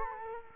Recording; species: mosquito wingbeat signal from an infrared sensor; Culex quinquefasciatus